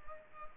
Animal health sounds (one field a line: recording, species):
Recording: mosquito wingbeat signal from an infrared sensor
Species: Culex pipiens